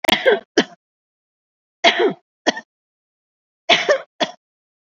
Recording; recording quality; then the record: heavy voluntary cough; excellent, no background noise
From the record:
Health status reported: COVID-19 positive, mild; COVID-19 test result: positive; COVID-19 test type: RT-PCR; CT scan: not taken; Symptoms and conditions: cough, sore throat, fever, fatigue, hypertension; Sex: female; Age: 50 years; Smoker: no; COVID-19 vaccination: one dose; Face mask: worn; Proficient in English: no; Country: India